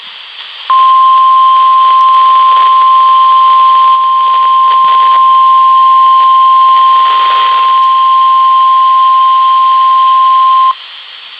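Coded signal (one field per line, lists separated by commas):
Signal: Emergency Alert System (SAME) tones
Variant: 1050 Hz attention tone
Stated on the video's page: Weekly NOAA Weather Radio EAS test, received on a portable LaCrosse weather radio from a Florida transmitter.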